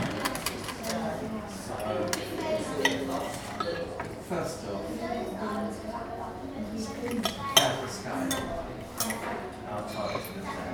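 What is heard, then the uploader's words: Lunchtime chatter fills a small English tea room, several voices overlapping in a steady murmur. Sharp clinks of cups, plates and cutlery cut through every second or so, with a louder clatter near the eight-second mark. A small English Tea room at lunchtime. Autumnal sunshine is beaming through the windows, with some dark clouds in the distance as a warning of the impending rain. Lunchtime in an English Tea Room.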